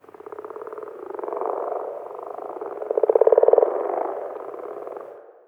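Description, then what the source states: Frogs croaking in a dense chorus of rapid pulsed, rattling croaks that overlap and swell in loudness around the middle before easing off. Exterior ambience of random frogs.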